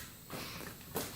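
A wrench or Allen key turns the small metal bleeder screw on the front brake caliper of a Honda CR250 dirt bike while starting to bleed the brake, over a low steady hiss with a soft rise in noise near 0.3 s. The tool slips with a sharp, bright click at 1.0 s. The bleeder screw strips out.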